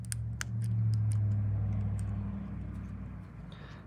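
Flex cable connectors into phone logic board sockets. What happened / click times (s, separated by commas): Small flex connectors snapped onto the board / 0.1 s, 0.4 s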